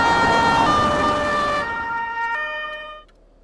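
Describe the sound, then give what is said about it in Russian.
An ambulance siren wails with a bright, steady tone and a slight pitch shift as the ambulance speeds through a city street, over a rush of road noise that drops away partway through before the siren fades out. “По улице города мчит скорая помощь.”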